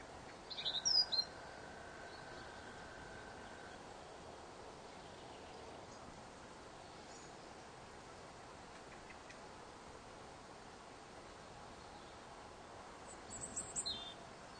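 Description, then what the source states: Birds give short high chirps at the start and again near the end, over a steady hiss of light wind, with a thin drawn-out whistle early on. Looped sound effect of birds with light wind.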